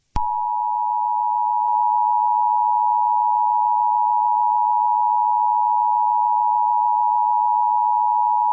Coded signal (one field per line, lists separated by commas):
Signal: Emergency Alert System (SAME) tones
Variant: 853 and 960 Hz attention tone